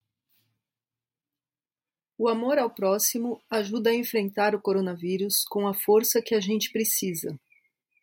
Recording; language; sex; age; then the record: spoken sentence; Brazilian Portuguese; female; 40 to 49 years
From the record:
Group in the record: control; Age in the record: 47 years